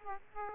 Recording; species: mosquito wingbeat signal from an infrared sensor; Aedes aegypti